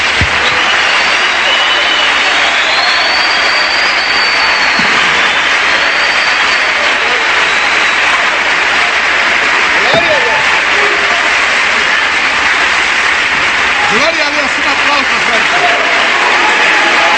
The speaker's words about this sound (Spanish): ¡Un aplauso cerrado!